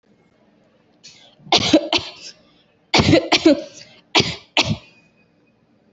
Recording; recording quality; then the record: shallow voluntary cough; excellent, no background noise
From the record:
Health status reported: healthy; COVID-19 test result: not tested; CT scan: not taken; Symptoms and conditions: none ticked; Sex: female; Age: 25 years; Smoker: no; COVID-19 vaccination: both doses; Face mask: worn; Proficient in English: yes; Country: India